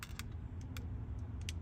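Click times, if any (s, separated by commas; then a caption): none. A replacement trailer brake control switch for a Chevy Silverado or GMC Sierra is being started into the right side of its slot in the plastic dash trim panel and kept centered. Brief sharp ticks of handling at about 0.0, 0.2, 0.8 and 1.5 seconds sit over a steady low hum. Nothing has seated or clicked into place yet.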